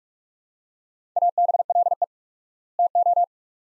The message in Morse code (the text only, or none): ABLE TO